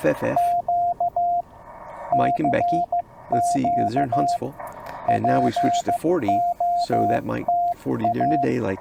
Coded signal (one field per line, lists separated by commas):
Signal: Morse code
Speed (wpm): 15 wpm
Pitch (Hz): 690 Hz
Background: speech, radio noise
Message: Q CQ POTA